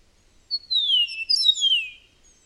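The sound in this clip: Bird song: a bright whistled phrase sliding downward in two linked parts, clean and high-pitched, with no other sounds.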